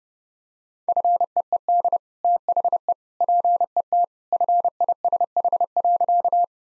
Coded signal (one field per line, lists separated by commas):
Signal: Morse code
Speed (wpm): 30 wpm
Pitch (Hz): 700 Hz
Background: none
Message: FEED THE PET FISH.